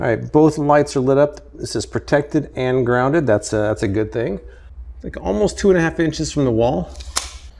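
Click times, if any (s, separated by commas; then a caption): 7.2 s. Someone talks while a plastic wall-mounted surge protector is pushed onto a wall outlet. A sharp click at 7.2 s marks it locking into place, seated but a little wobbly.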